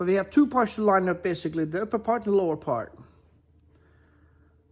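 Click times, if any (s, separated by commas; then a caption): none. Upper and lower ceramic cartridge parts are lined up for an antique faucet body while someone talks for about three seconds, followed by quiet low room noise. Nothing has seated or clicked yet.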